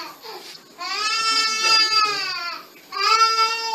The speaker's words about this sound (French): Lorsqu'un enfant crie, cherchez à satisfaire l'enfant, il n'a qu'un seul moyen de s'exprimer.